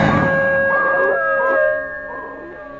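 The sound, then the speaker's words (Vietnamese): Several dogs around a house howl together in long, overlapping, wavering tones that hold steady for a few seconds before easing off slightly at the end, with no talking. “Tiếng của đàn chó xung quanh nhà rú lên từng cơn.”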